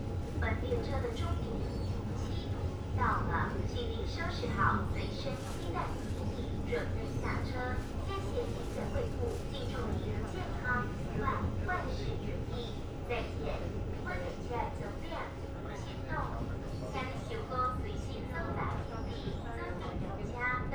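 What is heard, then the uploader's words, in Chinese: Aboard a local express train from Nangang to Qidu, a steady low rumble runs throughout beneath frequent bursts of chatter and a faint constant whine. 2042區間快車 南港-七堵。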